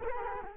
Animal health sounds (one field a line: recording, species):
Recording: mosquito wingbeat signal from an infrared sensor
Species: Culex quinquefasciatus